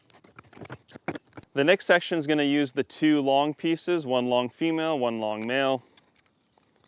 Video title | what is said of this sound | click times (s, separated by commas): The Best Fertilizer on Earth You Can Make at Home | push them together pretty hard and they're going to click into place | 1.1 s